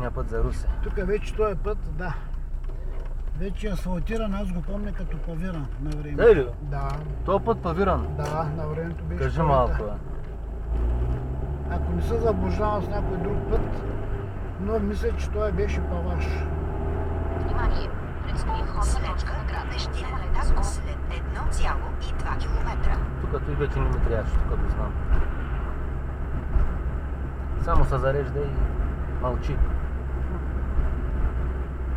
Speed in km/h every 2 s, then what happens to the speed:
21, 9, 5, 14, 21, 30, 40, 43, 50, 49, 51, 51, 50, 50, 51, 47.
0-4 brakes to 5. 4-16 speeds up to 50. 16-32 steady at about 50.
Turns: 3-9.